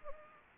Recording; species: mosquito wingbeat signal from an infrared sensor; Anopheles gambiae